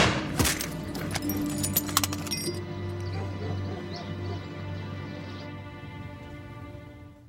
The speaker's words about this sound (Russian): В его руке браунинг. Выстрелить Семчук не успевает. Чекан стреляет первым.